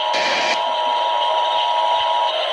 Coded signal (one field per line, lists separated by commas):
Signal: Emergency Alert System (SAME) tones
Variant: 853 and 960 Hz attention tone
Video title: EAS: Massachusetts Required Monthly Test (6/2/20)(EAS #350)